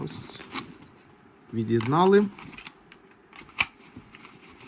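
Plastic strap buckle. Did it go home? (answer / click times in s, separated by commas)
yes / 3.6 s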